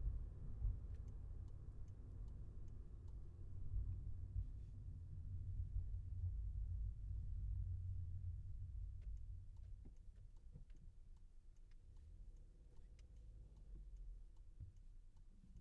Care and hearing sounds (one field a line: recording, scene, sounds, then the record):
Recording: everyday scene through a hearing-aid microphone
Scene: in a vehicle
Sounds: engine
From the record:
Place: Skoda Fabia, gasoline engine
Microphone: behind the ear, left, rear